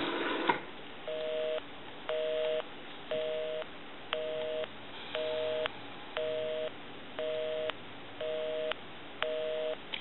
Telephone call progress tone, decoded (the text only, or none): busy tone